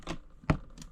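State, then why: Seated. A plastic side panel is pushed down into its slot on the body of a DEERC 1:6 scale RC monster truck. A sharp snap at 0.5 s seats the panel in place, between quieter rustling sounds near the start and end. No one talks.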